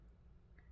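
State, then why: Seated. A fabric lanyard strap end is aligned inside a plastic breakaway clasp, and the clasp lid is pressed closed. It snaps shut with a short, sharp click at 0.6 s over a low, steady background hum, seating the strap in the clasp.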